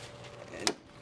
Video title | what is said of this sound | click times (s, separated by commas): Jeep Grand Cherokee Turn Signal Bulb Replacement | just going to push it's locked in place | 0.7 s